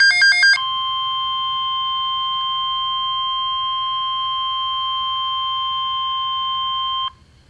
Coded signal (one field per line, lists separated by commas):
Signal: Emergency Alert System (SAME) tones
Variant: 1050 Hz attention tone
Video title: Severe Thunderstorm Watch #516 (EAS #300)